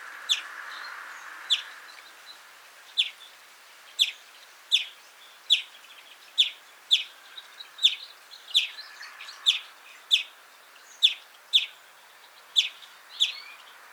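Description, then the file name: European greenfinch giving a long series of sharp chip calls in quick succession, with brief twittering fragments between. "Chloris chloris"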